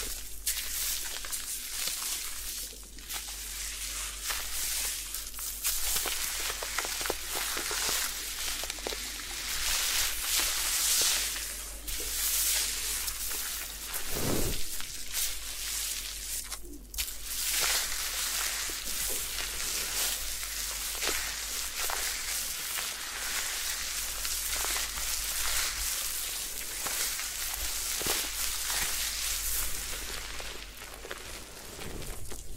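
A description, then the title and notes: A head spa hair wash, with a dense, hissing wash of spraying water and scrubbing that fills the upper range and never lets up. A faint low hum sits underneath, and a soft thump lands around the fourteen-second mark. Head Spa Hair Wash, Massage, Ear Cleaning.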